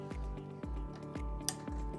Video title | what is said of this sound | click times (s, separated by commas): Terminating IP67 Connectors for Kwikbit K60x/K60 | hear that click it's good and secure and you can lock that with the lock | 1.5 s